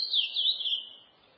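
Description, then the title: Chestnut-bellied seed finch giving a short phrase of high, sweet slurred whistles that tail off after under a second. "Canto De Curio"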